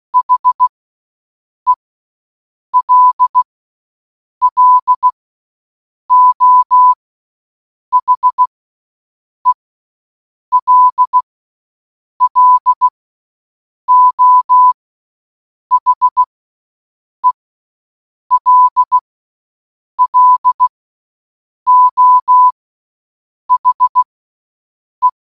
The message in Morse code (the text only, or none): HELLO HELLO HELLO HE